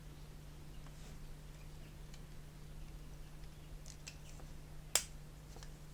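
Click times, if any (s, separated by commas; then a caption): 5.0 s. A plastic nose wheel bay part from a Tamiya 1/48 F-35A Lightning II scale model kit is pressed into the aircraft's underside nose assembly, with a few faint small taps beforehand over a steady low hum. A single sharp click at 5.0 s marks the part seating into place.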